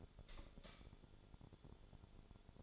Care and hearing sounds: daily activity, microphone in the room; light off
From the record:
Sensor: 5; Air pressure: 1009.9 hPa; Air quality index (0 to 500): 159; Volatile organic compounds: 4 ppm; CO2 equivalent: 1553 ppm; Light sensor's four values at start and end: 199/505/209/225 and 198/502/207/223

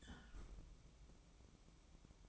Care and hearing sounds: daily activity, microphone in the room; close fridge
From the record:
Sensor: 1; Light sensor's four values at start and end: 13/30/12/14 and 13/30/12/14

